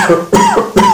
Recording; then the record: coughing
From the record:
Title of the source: Mid-morning Winter Coughing Fit